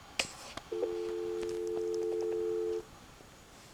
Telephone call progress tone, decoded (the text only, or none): dial tone